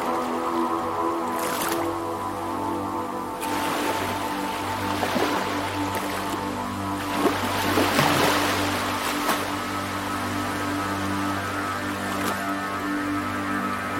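Beach sounds under ambient music: a steady, sustained drone of held low and middle tones runs unchanged throughout. Hissing washes of surf rise over it, a brief one near the start, longer surges around four to six and seven to nine seconds, and a short burst near twelve.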